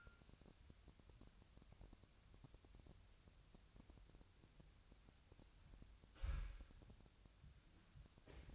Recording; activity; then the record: daily activity, microphone in the room; wipe stove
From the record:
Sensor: 2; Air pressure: 1003.2 hPa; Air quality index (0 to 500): 202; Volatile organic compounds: 6 ppm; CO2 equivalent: 1912 ppm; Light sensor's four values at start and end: 7/16/7/7 and 7/16/7/7